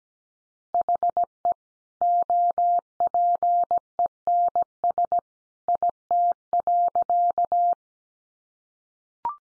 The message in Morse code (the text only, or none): HE OPENS IT.